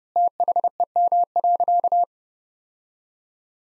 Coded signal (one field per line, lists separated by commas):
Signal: Morse code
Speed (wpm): 29 wpm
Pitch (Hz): 700 Hz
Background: none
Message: THEM.